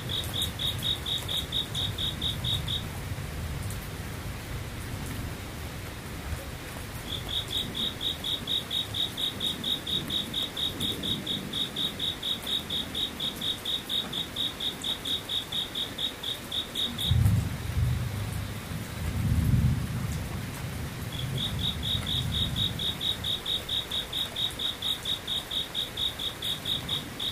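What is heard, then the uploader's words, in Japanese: Insects call in rapid, buzzing trills at a high, steady pitch, sounding in long runs with gaps near 3 and 17 seconds. A soft rain-like hiss continues underneath, and low rumbling swells rise around 17 to 20 seconds. 雨ムシセミ無音。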